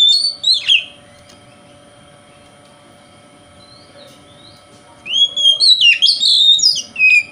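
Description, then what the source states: Oriental magpie-robin whistles briefly, stays mostly quiet for about four seconds, then bursts into a fast jumble of whistled and scratchy notes. Called kacer; song style called 'konslet'.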